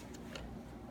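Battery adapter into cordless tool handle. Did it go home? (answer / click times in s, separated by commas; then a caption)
no / none. A battery adapter for newer 20V Dewalt batteries is pushed into the handle of an older 18V Dewalt cordless drill, with small handling ticks, including a brief one near 0.4 s, over a steady low background hum. Nothing has seated or clicked yet.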